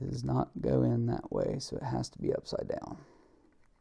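Someone talks while handling an SSD expansion card at the expansion slot of a USB-C hub, finding it won't go in one way and must be turned upside down. Nothing has seated or clicked yet; the clip ends with the card not yet pushed home.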